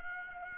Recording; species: mosquito wingbeat signal from an infrared sensor; Aedes aegypti